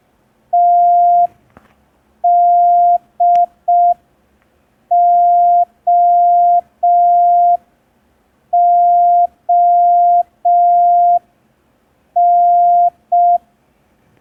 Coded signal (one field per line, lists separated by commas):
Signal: Morse code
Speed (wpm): 5 wpm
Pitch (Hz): 700 Hz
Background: none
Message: TDOON